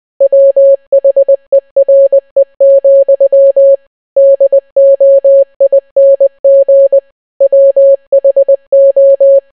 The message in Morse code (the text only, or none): WHERE, DOING WHO